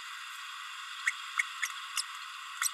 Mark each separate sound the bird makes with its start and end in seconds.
1.06-1.11, 1.39-1.43, 1.62-1.69, 1.97-2.02, 2.61-2.68